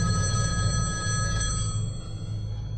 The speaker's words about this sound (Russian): Но в очередное ночное дежурство, около часа ночи, телефон на стойке ожил.